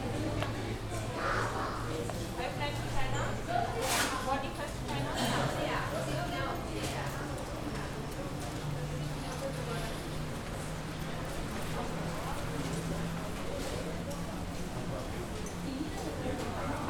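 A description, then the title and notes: Ambient noise at Vienna Airport during boarding: a steady murmur of many overlapping voices fills the whole stretch. A low, even hum runs underneath, rising slightly in pitch midway, and brief clicks and knocks break through, most sharply around the fourth second. Vienna Airport Boarding, ambient environmental noise.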